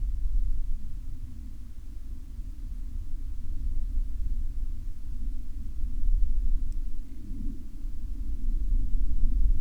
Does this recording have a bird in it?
no